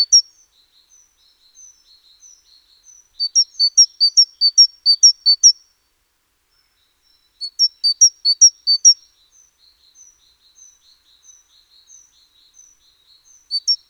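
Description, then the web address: Great tit song, high two-note phrases alternating lower and higher, delivered in bursts of several pairs with quieter, fainter phrases in the gaps. "SETE Parus major"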